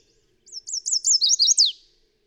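Bird song, a short, very high phrase of several looping, slurred notes, ending with a quick downward sweep.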